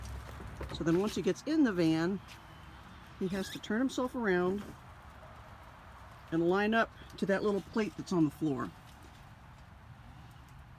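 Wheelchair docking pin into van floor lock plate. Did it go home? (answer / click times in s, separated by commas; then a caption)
no / none. A powered wheelchair driven with a joystick turns around inside a van and lines up its docking pin over the metal floor docking plate. Someone talks in three bursts over a steady low background hum. Nothing has clicked or locked into the plate yet.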